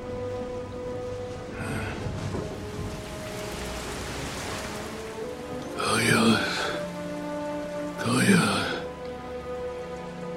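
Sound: sudden heavy rain downpour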